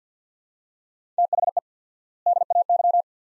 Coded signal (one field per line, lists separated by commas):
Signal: Morse code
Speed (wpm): 50 wpm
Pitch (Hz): 700 Hz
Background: none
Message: THE DAY